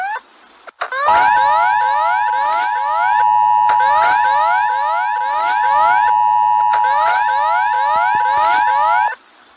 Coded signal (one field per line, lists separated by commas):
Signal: Emergency Alert System (SAME) tones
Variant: 853 and 960 Hz attention tone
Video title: Eas Alarm A-F